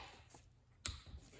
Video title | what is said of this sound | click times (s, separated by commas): How to Replace a VW Beetle Transmission Nose Cone | and you can hear that little click that's telling me that it's at the um | 0.9 s